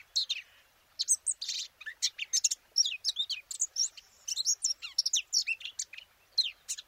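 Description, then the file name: Eurasian blackcap warbling song with quick chattering notes and several clear whistled downslurs and upslurs woven in, delivered in rapid, varied bursts. "Sylvia atricapilla"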